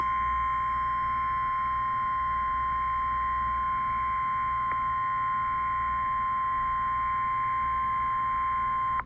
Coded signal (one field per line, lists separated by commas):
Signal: Emergency Alert System (SAME) tones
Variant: 1050 Hz attention tone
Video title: Not so slight EAS alerts from December 17 and 18. (EAS# 608 618)